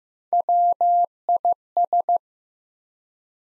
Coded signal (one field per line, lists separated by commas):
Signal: Morse code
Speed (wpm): 15 wpm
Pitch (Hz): 700 Hz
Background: none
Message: WIS